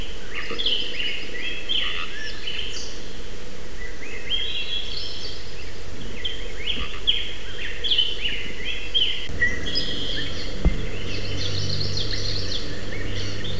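Birds chirping, several quick high twittering notes and short phrases, partly overlapping, above constant low rumbling noise.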